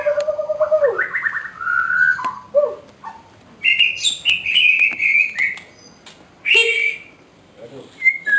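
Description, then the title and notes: White-rumped shama song mixing low fluted phrases, higher slurred whistles and sharp notes, with pauses between bursts. Song used as a master for training caged songbirds (masteran). "Suara Kicau Burung Murai Batu. burung murai buat masteran"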